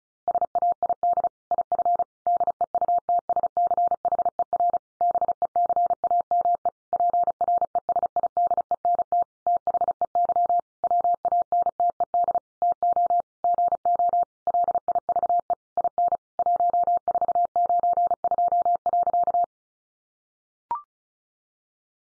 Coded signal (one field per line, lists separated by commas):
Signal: Morse code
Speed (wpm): 34 wpm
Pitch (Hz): 700 Hz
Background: none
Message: SAID IF DEUTSCHER BECAME PRESIDENT THEY WANTED TO GO LIVE IN 1492.